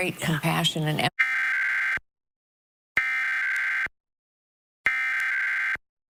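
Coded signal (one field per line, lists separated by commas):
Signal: Emergency Alert System (SAME) tones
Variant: header bursts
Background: speech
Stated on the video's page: Required monthly tests recorded off broadcast TV stations, audio kept close to the original broadcast with uneven levels.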